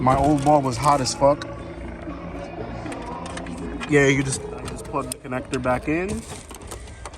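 Someone talks while plugging a wiring connector back into an interior LED dome/trunk light housing in a 2006–2011 Honda Civic, with a steady low hum underneath. The connector is handled but nothing has seated or clicked yet.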